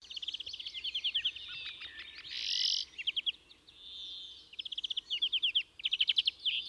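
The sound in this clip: European greenfinch song: fast rattling trills, one loud harsh wheeze in the middle, then more rolling trill phrases and a final buzzy note.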